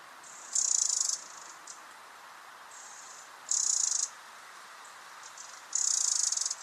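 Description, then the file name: Eurasian wren calling with three strong, high, grating rattles spaced a few seconds apart, with faint ticks between them against a hissy background. "Troglodytes troglodytes"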